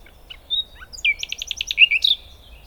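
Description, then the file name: Common nightingale song: a thin whistle and soft notes, then a quick series of about six repeated throaty pulses ending in loud warbled flourishes. "Luscinia megarhynchos"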